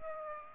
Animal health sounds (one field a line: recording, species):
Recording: mosquito wingbeat signal from an infrared sensor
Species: Aedes aegypti